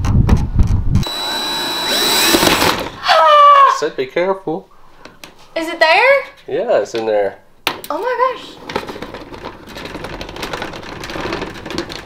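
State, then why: Partly seated. A new RV roof vent lid is worked closed into its vent frame while someone talks, with bursts of a whirring, motor-like noise early on and scraping and handling sounds. A small click comes at 11.8 s, and the lid feels secure but does not fully lock.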